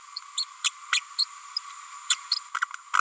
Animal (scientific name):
Forpus passerinus